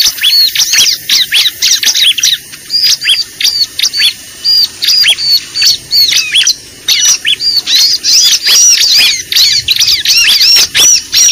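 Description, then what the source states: Lovebirds calling with bright, rising-and-falling squeaks in choppy bursts, the pace uneven, with a short lull partway through. Lure recording (pikat) made for attracting birds.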